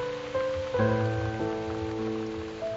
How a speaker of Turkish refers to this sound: Yağmur şehre bir yağdı, ben ağladım.